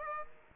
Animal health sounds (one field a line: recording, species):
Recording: mosquito wingbeat signal from an infrared sensor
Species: Aedes aegypti